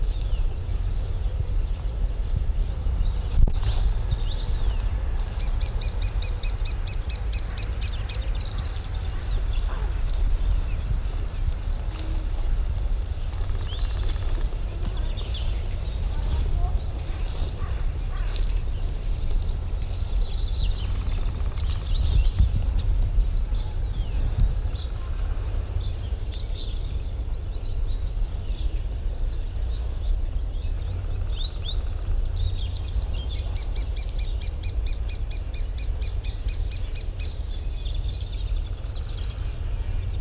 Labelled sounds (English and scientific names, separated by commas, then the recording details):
Lesser Spotted Woodpecker (Dendrocopos minor) call
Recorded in the wild
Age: adult
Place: Arkenberge, Berlin, DE
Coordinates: 52.64, 13.41
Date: 1974-03-30 10:45
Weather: sonnig, ca. 16°C
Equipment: Uher 4200 Report, Verstärker, Sennheiser MD 421
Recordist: Tembrock, Günter